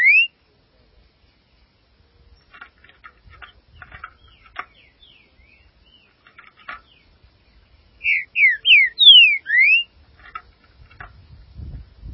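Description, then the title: Green-winged saltator with a sweeping whistled note at the start, scattered quiet chips, then a loud run of five slurred whistles, and low noise near the end. "Trinca Ferro"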